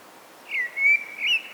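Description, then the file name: Common blackbird giving a short, soft phrase of three fluted whistled notes, with a quiet background. "Turdus merula"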